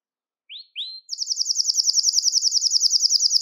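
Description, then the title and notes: Belgian canary singing two rising slurred notes followed by a long, rapid, even trill of high chirps lasting over two seconds. "Canario Belga, nyonyastudio"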